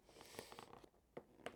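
A rubber grommet or mount, greased with technical vaseline, is pushed into a slightly enlarged hole in a motorcycle bracket. Soft rubbing and squeaking sounds lead up to soft pops at 1.2 s and 1.5 s, rather than sharp clicks. The grommet seats in its hole.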